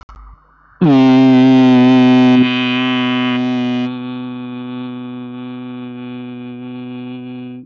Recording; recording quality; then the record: sustained vowel as in beet; excellent, no background noise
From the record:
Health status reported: healthy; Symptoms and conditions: none ticked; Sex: male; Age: 28 years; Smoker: not ticked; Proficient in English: yes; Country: India